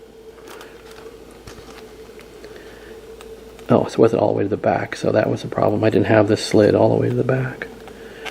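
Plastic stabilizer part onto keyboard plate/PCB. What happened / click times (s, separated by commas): The plastic part is handled but has not snapped into place yet / none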